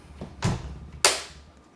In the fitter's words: They lock into place.